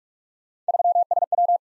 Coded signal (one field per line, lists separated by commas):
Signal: Morse code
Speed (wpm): 44 wpm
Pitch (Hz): 700 Hz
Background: none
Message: 3SW